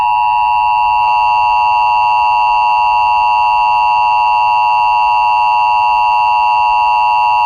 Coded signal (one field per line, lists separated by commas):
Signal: Emergency Alert System (SAME) tones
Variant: 853 and 960 Hz attention tone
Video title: Black Sunday | An EAS Scenario